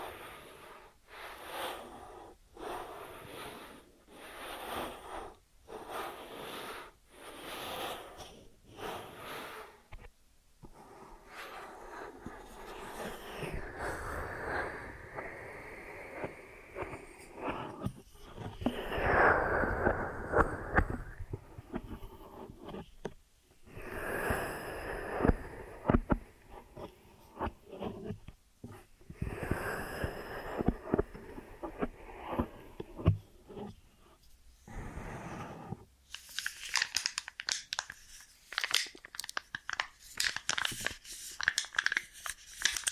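An ASMR ear and scalp massage with cleaning sounds: soft rubbing and scratching strokes come in bursts, sometimes rapid and choppy, sometimes longer sweeping swells. Around the middle the rubbing grows fuller and louder, and near the end brighter, crisp scratching takes over.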